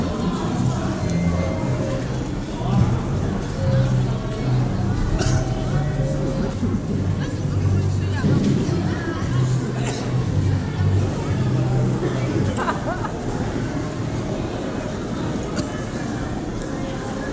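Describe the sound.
A theatre foyer in Changchun filled with a steady murmur of many voices talking at once, with a low rumble underneath throughout. Occasional brief clicks and knocks stand out, and the chatter eases slightly after about twelve seconds.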